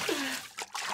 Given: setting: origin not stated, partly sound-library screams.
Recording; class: one-second piece from a danger detection set; woman in danger